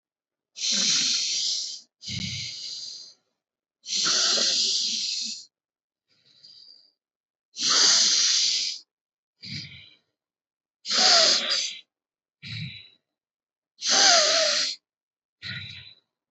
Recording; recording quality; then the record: deep breathing; excellent, no background noise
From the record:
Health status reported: healthy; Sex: male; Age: 19 years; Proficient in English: yes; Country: India